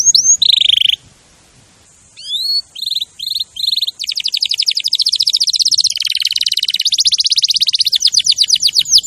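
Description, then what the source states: Canary delivers a buzzy note, a short pause, several brief whistles, then an extended fast rolling trill that shifts pitch midway. Champion canary song used as a master recording for tutoring other birds.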